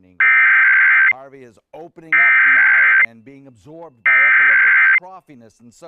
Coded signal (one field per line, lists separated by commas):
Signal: Emergency Alert System (SAME) tones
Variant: header bursts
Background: speech